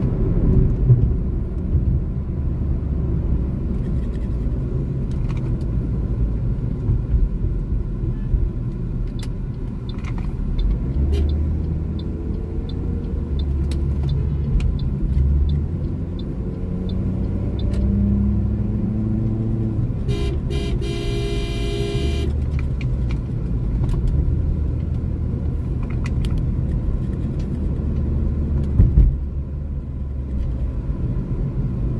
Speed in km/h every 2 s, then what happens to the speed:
67, 58, 49, 40, 28, 33, 36, 39, 46, 52, 44, 47, 51, 54, 54, 51.
0-8 brakes to 28. 8-17 speeds up to 52. 21-28 speeds up to 54.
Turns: 11-14.